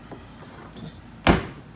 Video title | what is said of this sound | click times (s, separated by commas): 2000 - 2004 Ford Explorer Sport Trac Door Panel And Interior Door Handle Fix | can then use your hands and kind of like just pop | 1.3 s